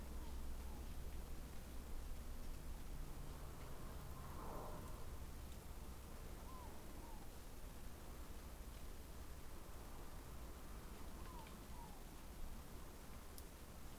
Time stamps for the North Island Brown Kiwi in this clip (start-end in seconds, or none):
none